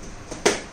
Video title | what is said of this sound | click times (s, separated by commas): Zest 4 Toyz Musical Pram Cum Baby Stroller | Same as with this. Hear the click sound. | 0.5 s